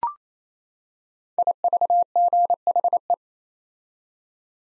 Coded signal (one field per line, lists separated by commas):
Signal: Morse code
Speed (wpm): 28 wpm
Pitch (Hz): 700 Hz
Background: none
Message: IVGHE